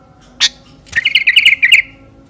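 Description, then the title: Sooty-headed bulbul gives one sharp note, then a short bubbly phrase of quick, rolling chirps. "Kutilang"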